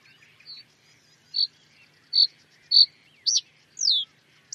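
Bird calls: a faint note, then three clipped high notes spaced under a second apart, followed by a twisting upward note and a falling slurred whistle.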